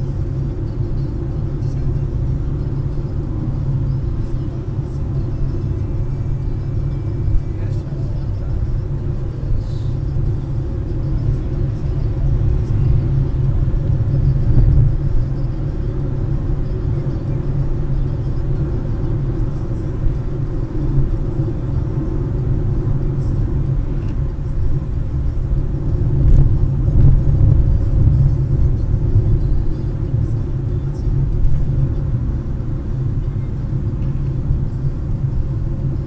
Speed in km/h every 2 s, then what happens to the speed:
105, 102, 101, 105, 109, 113, 117, 121, 125, 123, 119, 115, 112, 112, 112, 108, 101, 100.
4-17 speeds up to 125. 17-36 slows to 100.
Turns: none.